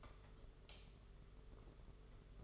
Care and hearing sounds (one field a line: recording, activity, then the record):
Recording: daily activity, microphone in the room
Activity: light off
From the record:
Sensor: 4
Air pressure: 991.8 hPa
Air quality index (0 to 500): 99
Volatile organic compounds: 11 ppm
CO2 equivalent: 2305 ppm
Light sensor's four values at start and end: 9/25/9/11 and 7/16/6/6